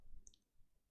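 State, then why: Seated. The second small Wi-Fi antenna coaxial connector on a MacBook Pro A2289 is lined up and pressed with a fingernail onto its socket on the laptop's wireless board. It seats with a short, sharp click at 0.3 s, followed by a fainter tick just after. Little force is needed, because a misaligned connector will flatten.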